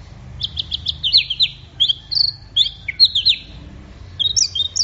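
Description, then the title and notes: Orange-headed thrush singing quick high whistled phrases, rising and falling slurs repeated in short groups. Bird in full, energetic song (gacor). "Anis Merah Gacor Teler. Kumpulan Suara Burung Anis"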